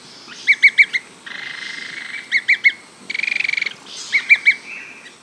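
Bird calls: quick triplets of sharp notes alternating with flat buzzy notes and a rapid stuttering burst.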